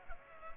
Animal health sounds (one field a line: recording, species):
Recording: mosquito wingbeat signal from an infrared sensor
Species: Culex pipiens